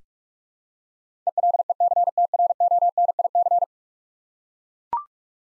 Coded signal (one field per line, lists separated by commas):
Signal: Morse code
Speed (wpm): 41 wpm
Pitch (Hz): 700 Hz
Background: none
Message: ELECTRONIC